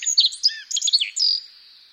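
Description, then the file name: Black-faced bunting song: a quick, high jumble of clear chirps and trills, ending in a drawn-out note that fades away. "aoji"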